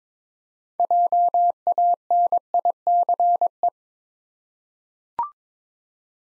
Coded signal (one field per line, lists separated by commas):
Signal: Morse code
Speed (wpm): 22 wpm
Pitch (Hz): 700 Hz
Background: none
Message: JANICE